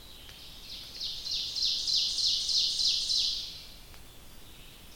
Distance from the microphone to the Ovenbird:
about 45 m